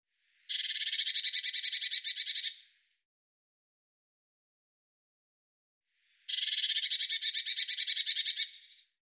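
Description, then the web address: Bird giving long, dry, buzzy rattles, two trills of about two seconds each, evenly pulsed, separated by roughly four seconds of silence. "Deverinetal"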